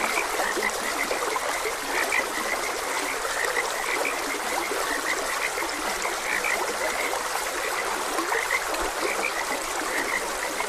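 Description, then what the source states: Continuous frog croaking, short scratchy calls crowding together, backed by the even hiss of a stream. Frogs croaking beside a gentle stream.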